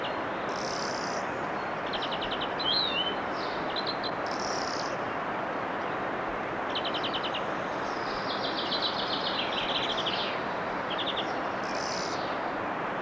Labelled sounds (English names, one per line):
European Greenfinch song